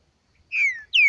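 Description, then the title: Green-winged saltator song: two clear whistled notes sliding downward, the second starting higher. Nicão singing in the bush, competing in song with a free-living bird. "Trinca Ferro NICÃO No Mato Disputando Com Solto"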